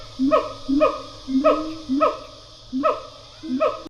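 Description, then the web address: Siamang calling with a series of sharp, harmonic bark notes, each sliding up then down, spaced roughly half a second to a second apart over a low background hum. Pair call of siamangs, recorded in stereo. "Sound Effects-Foundation. Animal Gibbon Siamang pair call"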